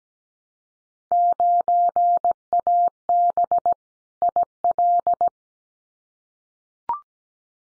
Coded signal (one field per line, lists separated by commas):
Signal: Morse code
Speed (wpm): 17 wpm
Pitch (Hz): 700 Hz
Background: none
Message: 9AB IL